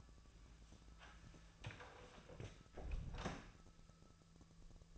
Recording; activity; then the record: daily activity, microphone in the room; close door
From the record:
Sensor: 2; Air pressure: 1000.3 hPa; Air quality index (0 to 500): 172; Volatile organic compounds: 3 ppm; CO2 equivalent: 1432 ppm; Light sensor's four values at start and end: 9/23/9/10 and 9/22/9/10